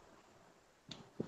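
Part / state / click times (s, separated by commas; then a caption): ankle tilt ratchet joint of an action figure / seated / 0.9 s, 1.2 s. The plastic ankle tilt ratchet joint of an action figure is tilted through its hard ratchet, giving two sharp clicks at 0.9 s and 1.2 s against a quiet background. The joint seats into position and holds firmly.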